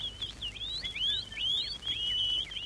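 birds singing

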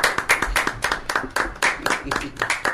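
applause

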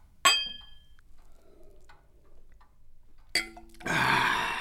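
glasses clinking

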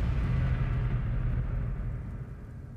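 grenade explosion

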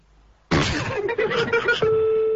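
telephone dialing tones

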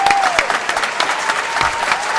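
audience applause

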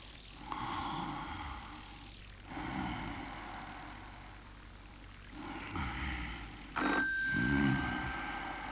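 telephone ringing

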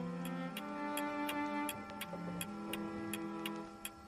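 clock ticking

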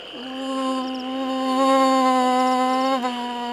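fly buzzing

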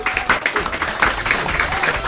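audience applause

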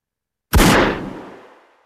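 gunshot

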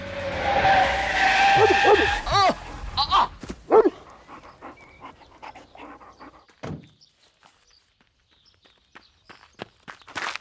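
dog panting and barking

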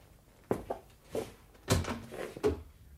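someone

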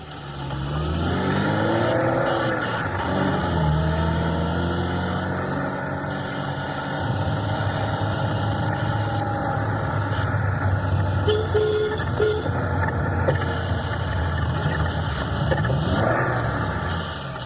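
car engine driving

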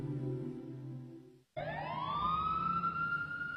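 police car siren approaching

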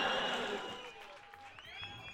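audience applause

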